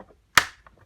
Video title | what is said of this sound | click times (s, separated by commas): Dyson DC25 Full refurb - cannister, vortex cyclone, brush and filter - clearing a blockage - How To | we go we hear that snap that's good yeah i | 0.4 s